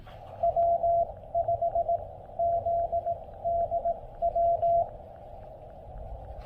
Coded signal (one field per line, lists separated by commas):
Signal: Morse code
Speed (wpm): 18 wpm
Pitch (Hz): 680 Hz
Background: radio noise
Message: W5ZDW